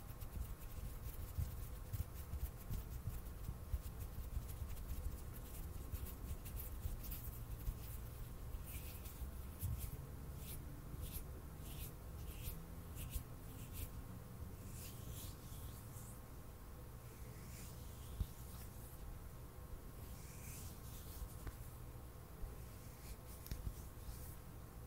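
Hand sounds: dry rubbing and brushing of skin, with quick crisp swishes and taps scattered throughout, bunching more densely between about nine and twenty seconds. A low steady hum sits underneath. No talking.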